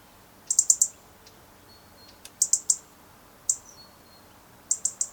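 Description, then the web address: European robin uttering crisp, high-pitched ticks, mostly in short runs of three with one single tick between, against a quiet background. "SETE Erithacus rubecula"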